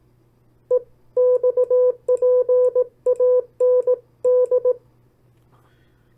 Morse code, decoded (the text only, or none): EXPAND